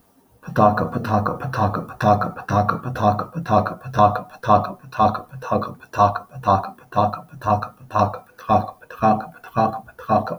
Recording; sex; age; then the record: repeated syllables /pa ta ka/; male; 40 to 49 years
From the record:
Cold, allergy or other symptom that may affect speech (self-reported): no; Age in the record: 43 years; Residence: Hawaii, United States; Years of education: 18